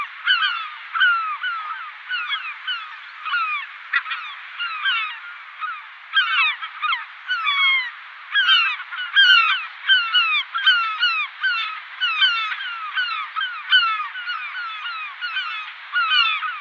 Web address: Schulze Peter European Herring Gull